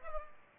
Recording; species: mosquito wingbeat signal from an infrared sensor; Culex pipiens